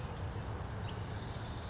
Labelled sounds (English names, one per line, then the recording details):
Western Flycatcher
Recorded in Sonoma County, California